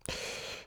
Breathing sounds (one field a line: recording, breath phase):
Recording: one breath near a microphone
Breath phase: inhalation